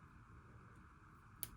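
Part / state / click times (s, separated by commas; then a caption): coil spring into shotgun action part / seated / 1.4 s. A coil spring with one slightly bent-over coil, so it stays in, is pushed into its seat inside a part of a Browning Gold 10 shotgun action. Over a low, steady background, one sharp snap is heard at 1.4 seconds as the spring seats in place.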